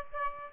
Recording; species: mosquito wingbeat signal from an infrared sensor; Aedes aegypti